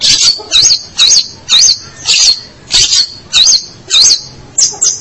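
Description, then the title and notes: Long-tailed shrike song of high scratchy notes with short upswept whistled inflections, repeated roughly twice per second in a steady series. March 2017. "Pentet 201703. Suara burung pentet"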